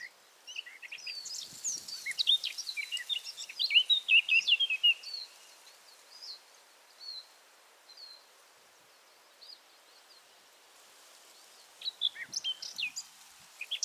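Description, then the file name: Eurasian blackcap song, a fast jumble of high warbling and chirping notes in quick bursts, fading to scattered notes, then a short busy burst again near the end. "Sylvia atricapilla"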